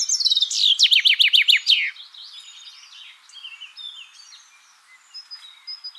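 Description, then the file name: Common chaffinch delivers one vigorous song phrase, a descending series of rapid notes with an ending flourish, then softer chirping continues. "Fringilla coelebs"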